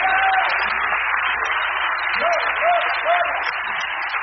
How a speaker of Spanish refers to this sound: Oh, denle un aplauso al Señor Dios Todopoderoso en esta noche.